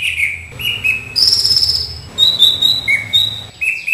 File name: anis cendana